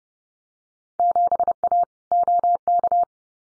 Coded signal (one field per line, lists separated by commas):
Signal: Morse code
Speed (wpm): 30 wpm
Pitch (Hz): 700 Hz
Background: none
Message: 7A OK